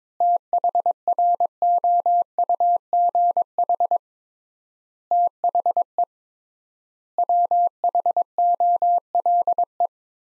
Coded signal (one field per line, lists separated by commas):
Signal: Morse code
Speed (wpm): 22 wpm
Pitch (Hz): 700 Hz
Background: none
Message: THROUGH THE WHOLE